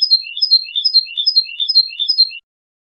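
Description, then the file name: European goldfinch song: a bright, tinkling phrase of quick descending chirps, repeated about six times in rapid succession, then silence. "audio burung goldfinch"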